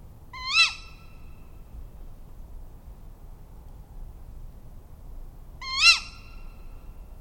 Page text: tawny owl call 1. BTO - British Trust for Ornithology